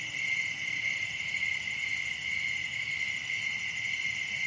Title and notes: Summer night in Dell Creek state wildlife area. Recorded by Daniel Braun. Music for Sleep